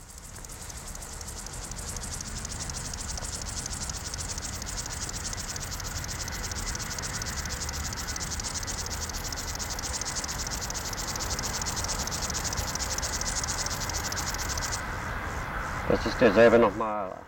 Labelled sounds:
Upland Field Grasshopper stridulation
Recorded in the wild
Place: Blankenfelde, Tegeler Fließ, Berlin, DE
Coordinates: 52.625, 13.404
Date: 1992-08-29 11:30
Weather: heiter (schwül), 23-28°C
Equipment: Marantz CP 430, Sennheiser ME 80, Kopie Tesla B 116
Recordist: Tembrock, Günter

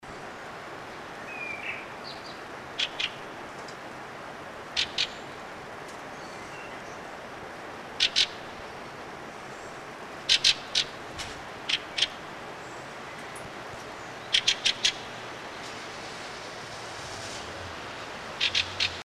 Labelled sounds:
Fieldfare call
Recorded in the wild
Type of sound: call
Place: Grindelwald, Bern, CH
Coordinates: 46.6253, 8.03083
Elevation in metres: 1036
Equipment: Uher 4000 Report, Sennheiser MKH 815 T
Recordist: Tretzel, Erwin
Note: Juni 1979, Grindelwald: Schäckern

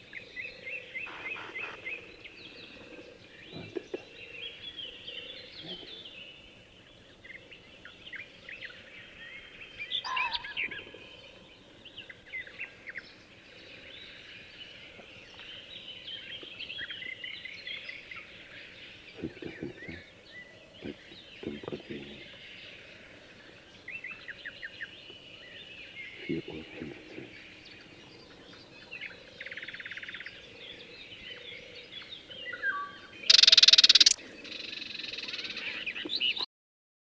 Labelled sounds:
Barred Warbler song
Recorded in the wild
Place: Dumbraveni, Transilvania, RO
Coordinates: 46.23, 24.575
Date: 1976-06-05 04:15
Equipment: Nagra III BH, Sennheiser MD 21, parabola
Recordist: Schubert, Michael

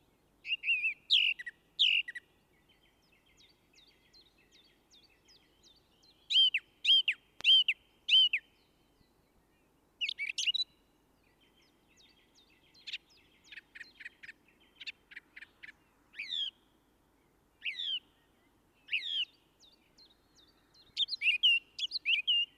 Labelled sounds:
Song Thrush song
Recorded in the wild
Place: Garmisch-Partenkirchen, Bayern, DE
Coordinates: 47.5164, 11.0811
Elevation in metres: 877
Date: 1971-04-13
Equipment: Nagra IV, Sennheiser MKH 405
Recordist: Tretzel, Erwin

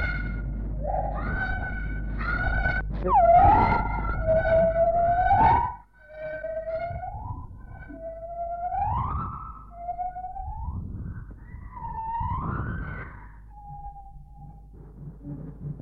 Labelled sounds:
Lar Gibbon
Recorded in captivity
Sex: female
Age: adult
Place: Tierpark Berlin, Berlin, DE
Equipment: Englisches Reportergerät, Kopie BG 26/1
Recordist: Altmann, Dagmar

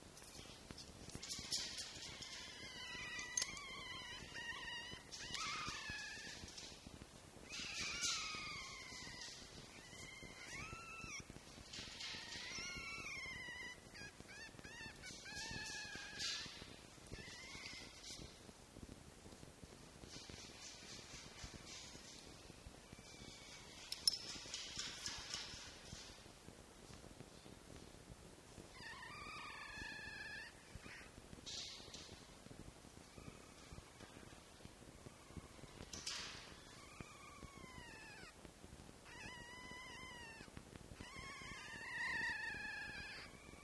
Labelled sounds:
Red Fox
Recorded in captivity
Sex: diverse
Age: diverse
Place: Zoologisches Institut der HUB, Berlin, DE
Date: 1955-04-25 13:00
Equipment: Elmetra
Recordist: Tembrock, Günter

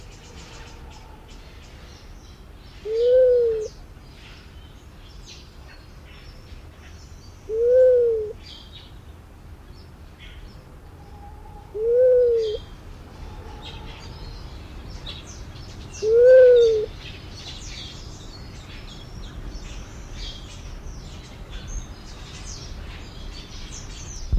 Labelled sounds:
Luzon Bleeding-heart call
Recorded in captivity
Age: adult
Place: Zoo Osnabrück, Niedersachsen, DE
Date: 1991-09-09 11:00
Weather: overcast, 13°C
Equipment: Marantz CP 430, Kopie Tesla B 116
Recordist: Tembrock, Günter

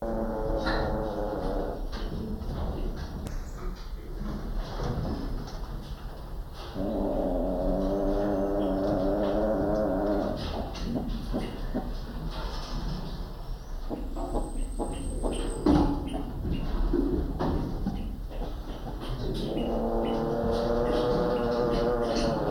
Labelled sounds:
Northern Greater Galago call
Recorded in captivity
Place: Primatenstation Kassel, Hessen, DE
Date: 1995-09-24 14:34
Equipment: Sony WM-D6C, Sennheiser ME 80, Kopie Uher 4000 Report Monitor
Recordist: Tembrock, Günter

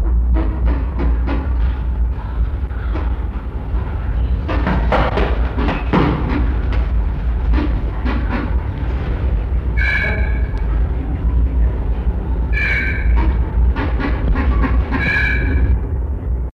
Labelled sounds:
Black-headed Ibis call
Northern Bald Ibis
Plush-crested Jay
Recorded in captivity
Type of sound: call
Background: Geronticus eremita, Cyanocorax chrysops
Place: Zoo Berlin, Berlin, DE
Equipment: Halbspur, 9,5 cm/s
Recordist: Lütgens, Hans
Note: Er bringt die gereihten Rufe und greift einen Waldrapp an, im Hintergrund Kappenblaurabe

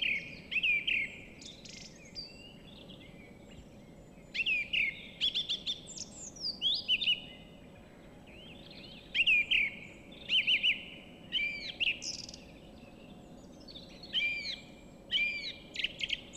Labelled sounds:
Song Thrush song
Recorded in the wild
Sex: male
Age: adult
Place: Villach, Kärnten, AT
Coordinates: 46.6, 13.85
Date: 1972-03-24
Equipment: Uher 4100 Report-V, Sennheiser MKH 804
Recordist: Brunner, Thomas

